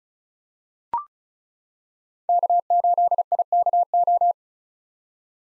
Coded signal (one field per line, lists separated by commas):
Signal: Morse code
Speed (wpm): 34 wpm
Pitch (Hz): 700 Hz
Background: none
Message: K8IKO